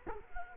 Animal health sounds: mosquito wingbeat signal from an infrared sensor; Culex quinquefasciatus

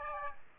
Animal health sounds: mosquito wingbeat signal from an infrared sensor; Aedes aegypti

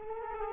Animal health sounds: mosquito wingbeat signal from an infrared sensor; Culex quinquefasciatus

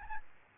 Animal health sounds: mosquito wingbeat signal from an infrared sensor; Aedes albopictus

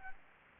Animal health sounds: mosquito wingbeat signal from an infrared sensor; Anopheles arabiensis

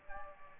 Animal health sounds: mosquito wingbeat signal from an infrared sensor; Aedes aegypti

